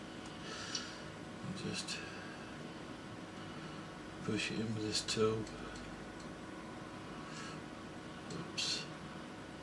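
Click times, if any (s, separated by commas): none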